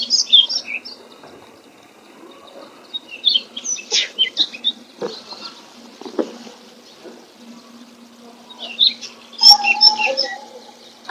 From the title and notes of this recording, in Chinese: 延庆山中晨起观鸟。延庆的早晨，大自然的声音。